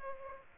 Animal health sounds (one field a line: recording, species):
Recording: mosquito wingbeat signal from an infrared sensor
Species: Aedes aegypti